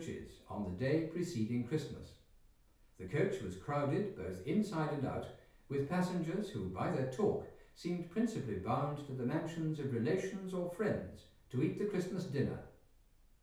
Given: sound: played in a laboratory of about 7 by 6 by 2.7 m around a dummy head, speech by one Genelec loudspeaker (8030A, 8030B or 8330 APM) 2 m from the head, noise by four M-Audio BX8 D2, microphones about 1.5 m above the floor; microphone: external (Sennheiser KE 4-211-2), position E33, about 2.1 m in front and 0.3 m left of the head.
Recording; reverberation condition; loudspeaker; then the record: male speech in English; medium; 150 degrees to the right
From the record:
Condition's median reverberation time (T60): about 510 ms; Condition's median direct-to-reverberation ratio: about -0.5 dB